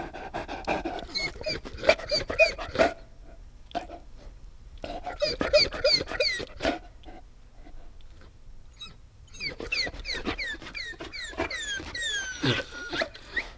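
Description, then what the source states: Dog whimpering in short, high yelps and squeaky whines, in clusters separated by quiet pauses. Panting with some whining.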